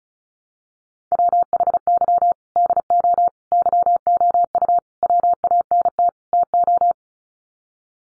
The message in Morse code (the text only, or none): WHY DO YOU WANT TO